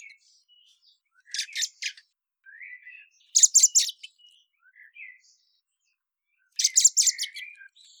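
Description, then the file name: Common blackbird alternating quiet low warbles with loud bursts of harsh, squeaky notes, three groups over several seconds. "Turdus merula"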